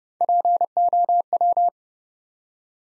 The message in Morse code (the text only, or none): POW